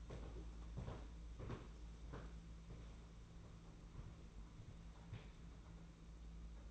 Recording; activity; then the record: daily activity, microphone in the room; walk to room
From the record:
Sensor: 1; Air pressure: 992.0 hPa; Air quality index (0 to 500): 217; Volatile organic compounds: 1000 ppm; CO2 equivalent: 8440 ppm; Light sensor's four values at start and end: 22/75/29/29 and 22/77/30/30